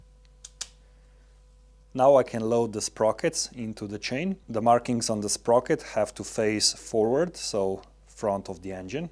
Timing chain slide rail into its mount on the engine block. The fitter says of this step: and on this side it locks in place